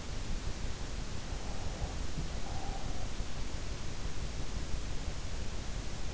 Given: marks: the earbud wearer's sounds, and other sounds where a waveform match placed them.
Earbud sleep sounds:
sounds in sleep by an in-ear microphone; breath
1.32-3.31 s: breath

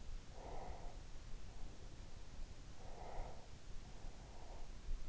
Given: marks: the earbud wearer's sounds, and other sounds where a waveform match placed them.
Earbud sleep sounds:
sounds in sleep by an in-ear microphone; breath
0.41-2.15 s: breath
2.60-4.77 s: breath

